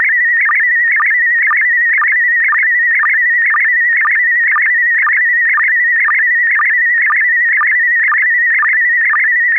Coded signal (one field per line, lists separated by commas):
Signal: SSTV (slow-scan television)